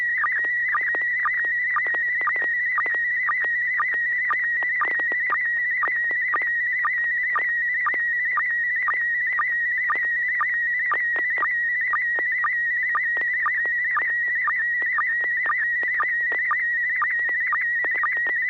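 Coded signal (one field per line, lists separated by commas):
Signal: SSTV (slow-scan television)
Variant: PD120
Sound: steady warbling whistle near 2 kHz with short low chirps twice per second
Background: low hum, FM radio clicks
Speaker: go ahead and fire off how about joel ai6dg you've got tone cd120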